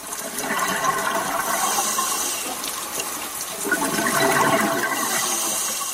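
A steady, dense rush of bubbling water fills the whole stretch, a churning fizz of countless bubbles that swells slightly midway and again near the end, with no voices.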